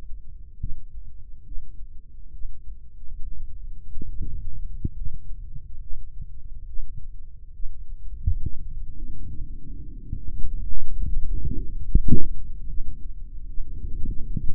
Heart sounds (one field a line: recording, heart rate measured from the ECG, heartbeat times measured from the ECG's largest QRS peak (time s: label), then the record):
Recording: heart sounds by microphone in the right ear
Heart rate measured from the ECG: 70 bpm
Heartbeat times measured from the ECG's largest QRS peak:
0.59 s: heartbeat
1.45 s: heartbeat
2.32 s: heartbeat
3.20 s: heartbeat
4.08 s: heartbeat
4.95 s: heartbeat
5.81 s: heartbeat
6.67 s: heartbeat
7.54 s: heartbeat
8.41 s: heartbeat
9.28 s: heartbeat
10.15 s: heartbeat
11.03 s: heartbeat
11.88 s: heartbeat
12.68 s: heartbeat
13.48 s: heartbeat
14.26 s: heartbeat
From the record:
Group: healthy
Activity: Valsalva maneuver 0-10 s, rest 10-15 s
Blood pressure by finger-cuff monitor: 95/79 mmHg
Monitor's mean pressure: 82 mmHg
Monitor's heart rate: 70 bpm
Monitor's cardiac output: 3.2 L/min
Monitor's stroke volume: 47 mL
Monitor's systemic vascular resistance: 1630 dyn s/cm5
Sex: male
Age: 55 years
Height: 167 cm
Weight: 57.2 kg